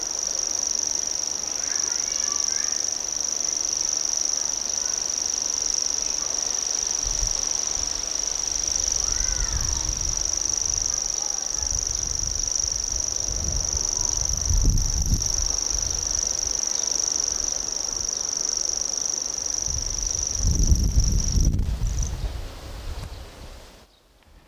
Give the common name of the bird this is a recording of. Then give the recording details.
Common Grasshopper Warbler. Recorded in the wild. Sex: male. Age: adult. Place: Summt, Brandenburg, DE. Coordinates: 52.6892, 13.3667. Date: 1989-07-08 12:03. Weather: 26°C, gusty southerly winds. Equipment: Sony WM-D6C, Kopie Tesla B 116. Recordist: Tembrock, Günter. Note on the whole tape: Gesang, nahe Summt